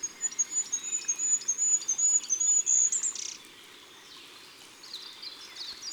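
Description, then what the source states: Goldcrest song: a very high, thin run of rapidly repeated notes that rises slightly and ends in a quick twirling flourish, followed by quieter high calls. Recorded in autumn.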